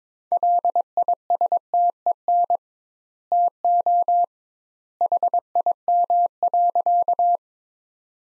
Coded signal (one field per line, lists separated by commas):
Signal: Morse code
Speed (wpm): 22 wpm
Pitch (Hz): 700 Hz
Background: none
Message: LISTEN TO HIM.